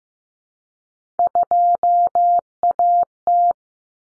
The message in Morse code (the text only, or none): 2AT